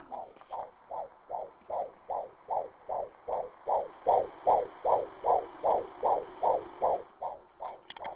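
Steady, rapid, muffled single pulses at about 150 per minute, a fast regular heartbeat.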